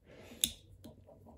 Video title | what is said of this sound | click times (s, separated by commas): Singer Featherweight 221 Power Cord Repair | hear it pop a little bit there because everything popping together | 0.4 s